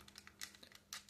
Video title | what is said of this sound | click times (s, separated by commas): The Legacy Figure Everybody Wants - Custom Cybertron 2005 Scourge | And it kind of it kind of clicks into place. | 0.9 s